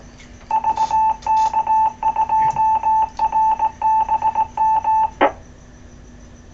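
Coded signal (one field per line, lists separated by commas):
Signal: Morse code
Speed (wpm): 18 wpm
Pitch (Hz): 880 Hz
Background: none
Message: VK2RBM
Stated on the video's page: Club 2 m net, captured live.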